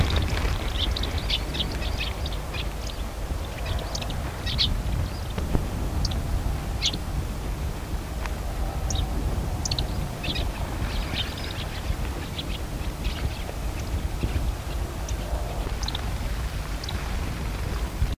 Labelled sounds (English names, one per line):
Yellowhammer call
House Sparrow